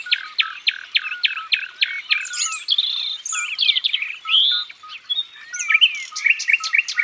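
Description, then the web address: Common nightingale song: a series of evenly spaced, sharp repeated notes, then rich twisting whistles and buzzy flourishes, ending in clicking notes, other birds faintly audible. "Rossignol philomele. abc de la nature"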